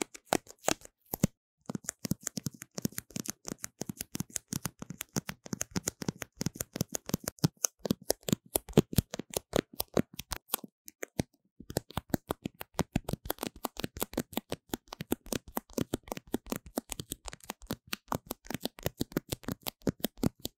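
Paper tape is handled against a microphone, producing a rapid stream of sharp, crisp clicks and crackles. The ticks come densely and fairly regularly for most of the recording, with brief silent breaks near 1.5 and 11 seconds.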